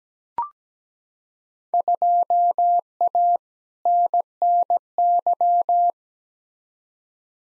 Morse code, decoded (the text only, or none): 2A NNY